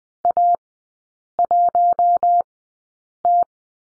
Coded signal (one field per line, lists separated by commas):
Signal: Morse code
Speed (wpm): 20 wpm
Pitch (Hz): 700 Hz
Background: none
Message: A1T